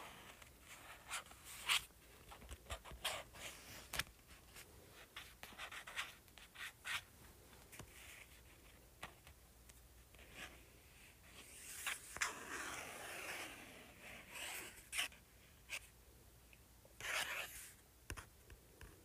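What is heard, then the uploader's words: Someone is tapping and scratching at a paperback book. Sharp, bright taps come irregularly throughout, and they cluster more densely toward the end. Longer rough scratching strokes come around the twelve-second mark and again near seventeen seconds. ASMR Tapping and Scratching Paperback Book.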